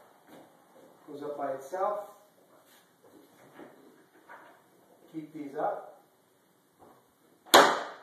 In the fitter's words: locks in place and